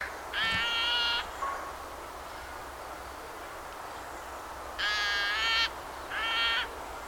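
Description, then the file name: Eurasian magpie uttering rasping, nasal calls: one long burst near the start, then two more close together after a long quiet gap, with low background noise. "Pica pica"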